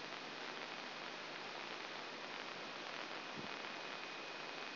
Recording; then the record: brain microelectrode recording played as sound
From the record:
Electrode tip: inside the subthalamic nucleus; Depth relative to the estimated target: 0 mm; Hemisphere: left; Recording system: AlphaMap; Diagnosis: Parkinson's disease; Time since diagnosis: 9 years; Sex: male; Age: 66 years